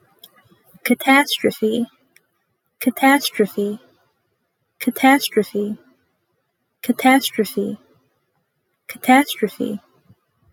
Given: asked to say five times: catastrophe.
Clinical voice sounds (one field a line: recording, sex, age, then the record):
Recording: repeated word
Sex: female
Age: 20 to 29 years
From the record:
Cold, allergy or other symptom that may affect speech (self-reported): no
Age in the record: 22 years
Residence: North Carolina, United States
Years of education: 16